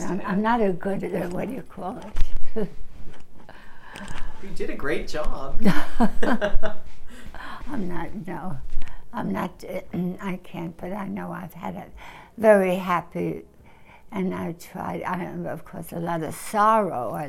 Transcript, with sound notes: I'm not a good, what do you call it? (she laughs)
Well, you did a great job. (they laugh)
I'm not, no. I'm not, I can't but I know I've had a very happy, and I tried, I had, of course, a lot of sorrow.